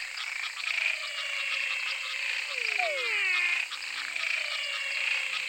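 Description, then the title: Frogs calling in chorus: one burst of falling swept notes midway, set against a steady shimmering wash of higher trills. Frog chorus recorded in Mato Grosso. "Choeur de grenouilles (Mato Grosso)"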